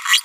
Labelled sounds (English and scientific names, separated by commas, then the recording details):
Green-rumped Parrotlet (Forpus passerinus) babbling
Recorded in a nest box in Venezuela
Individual 18B25A5